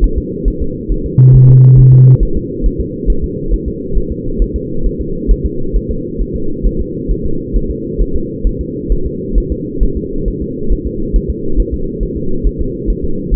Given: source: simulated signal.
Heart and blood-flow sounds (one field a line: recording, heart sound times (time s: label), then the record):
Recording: fetal heart sounds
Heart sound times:
0.04 s: S1
0.18 s: S2
0.48 s: S1
0.62 s: S2
0.92 s: S1
1.06 s: S2
1.35 s: S1
1.50 s: S2
1.79 s: S1
1.93 s: S2
2.23 s: S1
2.37 s: S2
2.66 s: S1
2.81 s: S2
3.10 s: S1
3.24 s: S2
3.54 s: S1
3.68 s: S2
3.98 s: S1
4.12 s: S2
4.42 s: S1
4.56 s: S2
4.86 s: S1
5.01 s: S2
5.31 s: S1
5.46 s: S2
5.76 s: S1
5.91 s: S2
6.21 s: S1
6.36 s: S2
6.66 s: S1
6.81 s: S2
7.11 s: S1
7.26 s: S2
7.56 s: S1
7.71 s: S2
8.01 s: S1
8.16 s: S2
8.47 s: S1
8.61 s: S2
8.92 s: S1
9.06 s: S2
9.38 s: S1
9.52 s: S2
9.83 s: S1
9.97 s: S2
10.28 s: S1
10.42 s: S2
10.72 s: S1
10.87 s: S2
11.16 s: S1
11.30 s: S2
11.60 s: S1
11.74 s: S2
12.03 s: S1
12.17 s: S2
12.47 s: S1
12.61 s: S2
12.90 s: S1
13.05 s: S2
13.34 s: S1
From the record:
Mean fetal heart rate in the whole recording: 135 bpm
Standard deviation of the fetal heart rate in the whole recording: 3 bpm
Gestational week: 36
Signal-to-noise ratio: -8.1 dB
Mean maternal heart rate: 72 bpm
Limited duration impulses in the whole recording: present